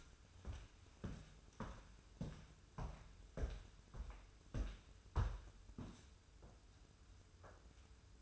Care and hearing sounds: daily activity, microphone in the room; walk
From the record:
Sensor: 2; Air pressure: 994.2 hPa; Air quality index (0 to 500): 202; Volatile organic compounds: 1000 ppm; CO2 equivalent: 6654 ppm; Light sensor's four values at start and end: 83/191/80/80 and 80/186/77/77

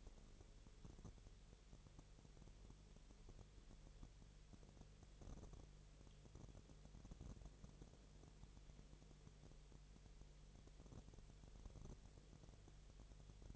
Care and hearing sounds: daily activity, microphone in the room; no activity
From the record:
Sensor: 4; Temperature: 22.4 degrees Celsius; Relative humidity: 30.9%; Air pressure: 1004.1 hPa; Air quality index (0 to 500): 87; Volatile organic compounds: 1 ppm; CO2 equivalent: 783 ppm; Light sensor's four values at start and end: 2/3/1/1 and 2/3/1/1

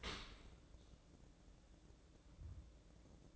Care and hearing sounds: daily activity, microphone in the room; open dishwasher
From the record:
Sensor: 3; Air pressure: 1012.3 hPa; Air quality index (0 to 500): 160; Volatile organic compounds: 2 ppm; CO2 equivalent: 1231 ppm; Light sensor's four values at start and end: 457/1120/460/450 and 455/1116/458/448

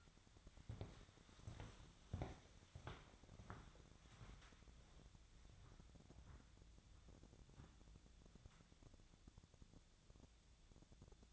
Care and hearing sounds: daily activity, microphone in the room; walk to room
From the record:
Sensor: 3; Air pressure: 999.9 hPa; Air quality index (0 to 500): 123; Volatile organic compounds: 2 ppm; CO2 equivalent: 1104 ppm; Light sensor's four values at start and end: 38/93/41/45 and 40/98/43/47

